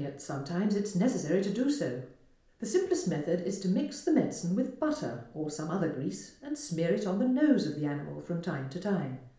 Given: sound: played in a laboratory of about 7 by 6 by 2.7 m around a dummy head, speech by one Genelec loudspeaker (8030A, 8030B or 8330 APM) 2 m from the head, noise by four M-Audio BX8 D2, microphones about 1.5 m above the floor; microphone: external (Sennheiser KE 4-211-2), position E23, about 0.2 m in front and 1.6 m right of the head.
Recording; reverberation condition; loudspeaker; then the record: female speech in English; medium; 120 degrees to the right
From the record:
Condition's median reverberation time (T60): about 510 ms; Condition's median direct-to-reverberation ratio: about -0.5 dB